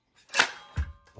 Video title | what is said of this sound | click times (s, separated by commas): HERCULES 20V Cordless, 7-1/4 in. Rear-Handle Circular Saw | Locks in place. | 0.3 s